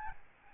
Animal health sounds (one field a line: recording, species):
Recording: mosquito wingbeat signal from an infrared sensor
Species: Aedes albopictus